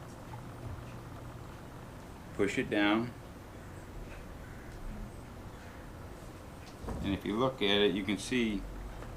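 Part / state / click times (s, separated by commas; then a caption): plastic cup lip into its holder ring / not seated / none. A plastic cup is lined up straight and pushed down toward its holder ring so its lip can pop into place. Someone talks in two short bursts over a low, steady background hum. The clip ends before the part goes home, so nothing has seated or clicked yet.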